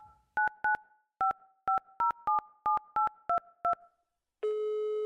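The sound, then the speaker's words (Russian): A rapid run of about eleven short, beeping touch-tone keypresses dials a phone number, followed after a brief pause by the start of a steady, buzzing ringing tone. “Ну, сейчас ей позвоню.”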